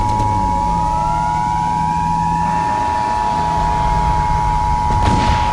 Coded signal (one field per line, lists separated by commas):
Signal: Emergency Alert System (SAME) tones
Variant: 853 and 960 Hz attention tone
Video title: EAS Scenario 1: The Washington Rebellion